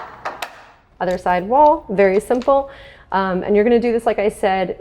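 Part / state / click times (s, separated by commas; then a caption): battery maintainer magnetic connector into vehicle charging port / seated / 0.4 s. A battery maintainer's magnetic connector snaps onto the charging port of an Aston Martin DBX, and it seats with a sharp click at 0.4 s. Someone talks through the rest of the clip.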